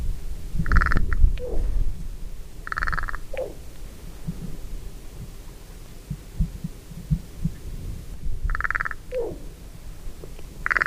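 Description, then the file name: Carrion crow giving a few short harsh calls, most followed by a brief lower squeaky note, over a steady low rumble. "Corvus corone"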